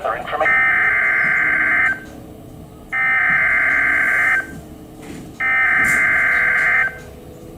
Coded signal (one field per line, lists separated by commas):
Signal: Emergency Alert System (SAME) tones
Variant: header bursts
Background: speech